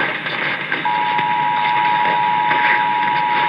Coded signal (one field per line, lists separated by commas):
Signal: Emergency Alert System (SAME) tones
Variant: 853 and 960 Hz attention tone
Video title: Illinois RMT on WGN (6/1/21)(EAS 722)